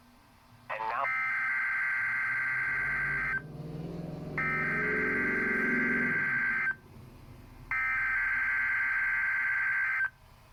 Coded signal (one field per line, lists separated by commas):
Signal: Emergency Alert System (SAME) tones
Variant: header bursts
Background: speech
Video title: EAS Required Weekly Test NOAA Weather Radio (Midland WR120 Edition!)